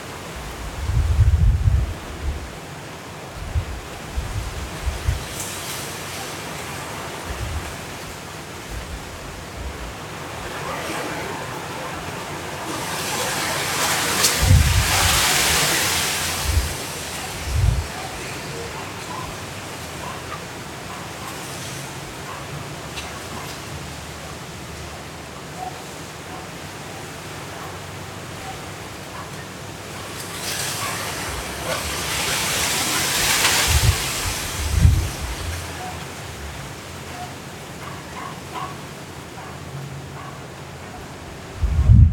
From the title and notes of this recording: Hurricane Kay in Los Cabos at Midnight. The hurricane didn't hit the city, but we recorded the sound of the wind, rain and city.